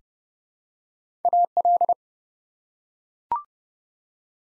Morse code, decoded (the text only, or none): AL